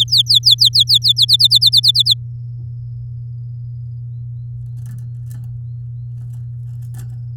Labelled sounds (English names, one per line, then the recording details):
Domestic Canary song
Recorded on 7 May 2018 at 11:00
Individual llb16